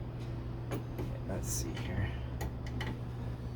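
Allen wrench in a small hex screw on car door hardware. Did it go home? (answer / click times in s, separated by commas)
no / 2.4 s, 2.7 s, 2.8 s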